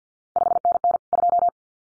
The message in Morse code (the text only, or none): 5NN 2